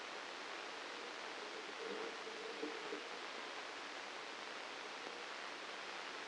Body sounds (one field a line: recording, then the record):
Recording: brain microelectrode recording played as sound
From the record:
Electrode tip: outside the subthalamic nucleus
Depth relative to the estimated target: 3 mm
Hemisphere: left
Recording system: NeuroSet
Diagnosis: Parkinson's disease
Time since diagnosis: 9 years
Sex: male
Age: 56 years